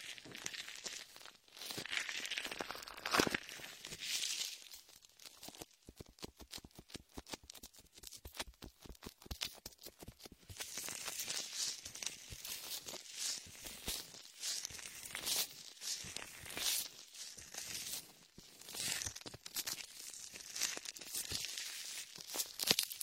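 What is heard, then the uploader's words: Latex gloves rub and squeak through shaving foam in an ear massage, a busy stream of wet crackling and crinkling. A run of quick, regular ticking taps fills roughly seconds five to ten, then denser smearing and squishing resumes with brief pauses. Latex ear massage with shaving foam for comfort.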